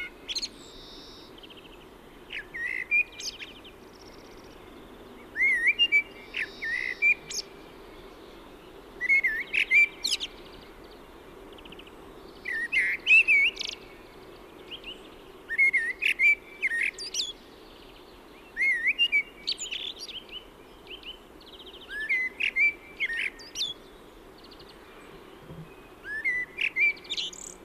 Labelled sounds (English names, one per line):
Common Blackbird song